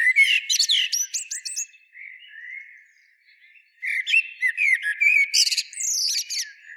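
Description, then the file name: Eurasian blackbird singing: a squeaky, chattering phrase ends, a soft low warble follows, then another loud phrase of fluted notes breaking into high twitters. "Turdus merula"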